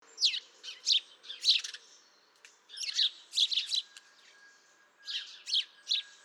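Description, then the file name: House sparrow chirping: bright, sharp chirps in short bursts separated by brief pauses. "Passer domesticus"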